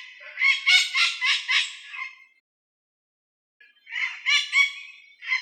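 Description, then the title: Blue-fronted parrot giving a harsh, raspy burst of several squawking pulses, then a pause and a second burst. "Papagaio verdadeiro"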